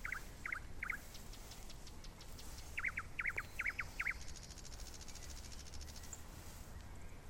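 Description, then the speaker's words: Common Nightingale song: short series of repeated down-slurred whistled notes, then a fast buzzy high trill, over low background hiss. "Then, from the fairy woods, comes the song of a nightingale."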